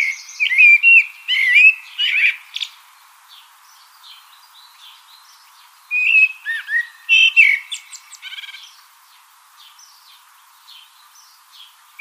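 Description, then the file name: Common blackbird delivering two bursts of warbled whistles with squeaky, twittering ends, separated by quiet stretches with faint chirps. "Turdus merula"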